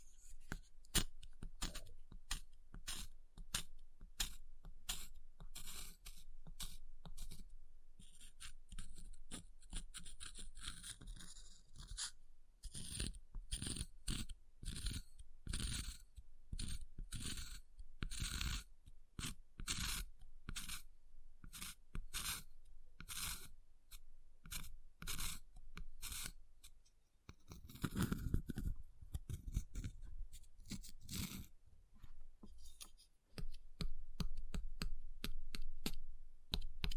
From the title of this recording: Ice Tapping, Scratching, Carving Sounds